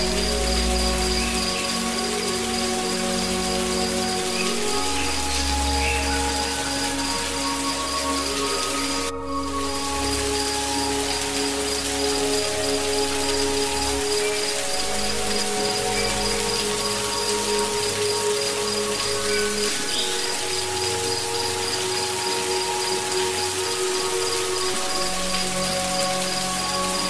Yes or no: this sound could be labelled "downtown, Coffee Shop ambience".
no